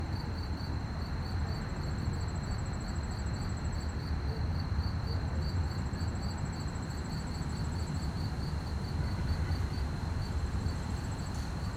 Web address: Articulated Sounds - Quiet Streets QUIET STREET Night fast chirp crickets, distant activities, slight wind